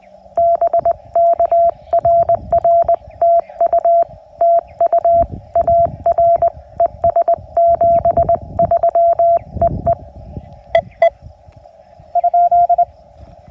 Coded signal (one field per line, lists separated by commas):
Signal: Morse code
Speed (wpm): 20 wpm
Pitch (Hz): 680 Hz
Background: none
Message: BK RR TU TU AR ES 73 EE EE ?